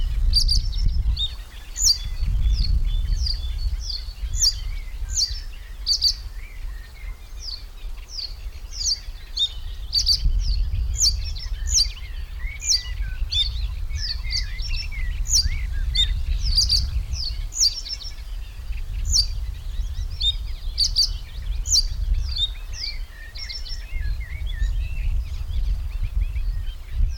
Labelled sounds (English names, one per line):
Reed Bunting